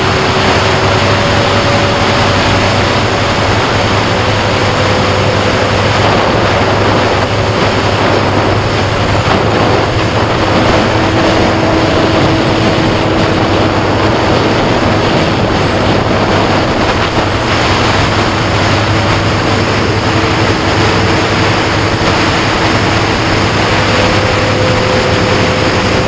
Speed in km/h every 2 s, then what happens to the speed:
58, 58, 56, 63, 58, 61, 60, 58, 60, 63, 60, 63, 53.
0-19 steady at about 58. 19-26 slows to 53.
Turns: none.